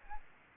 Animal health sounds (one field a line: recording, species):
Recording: mosquito wingbeat signal from an infrared sensor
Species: Aedes aegypti